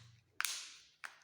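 A plastic cover is pressed further onto a car remote key housing and clicks home with a sharp snap at 0.4 s, seating the key fob cover shut. A second, quieter click follows at about 1.1 s over faint low background hum.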